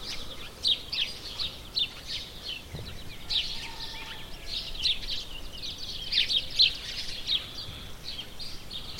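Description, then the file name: House sparrow chirping, many rough chirps, steady and overlapping, with some background noise. "Passer domesticus"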